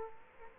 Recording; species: mosquito wingbeat signal from an infrared sensor; Culex quinquefasciatus